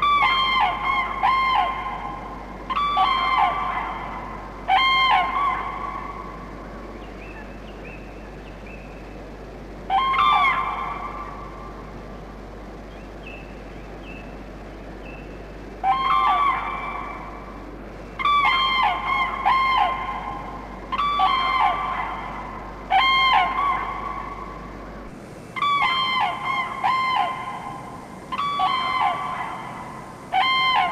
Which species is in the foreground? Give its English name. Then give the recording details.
Common Crane. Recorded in the wild. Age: adult. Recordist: Meyer, Hugo. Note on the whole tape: Kraniche trompeten laut. Sehr gute Aufnahmequalität